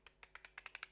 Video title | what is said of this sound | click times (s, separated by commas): Microdosing Mounjaro, is it worth it? | hear those clicks. You can count them. | 0.4 s, 0.6 s, 0.7 s, 0.8 s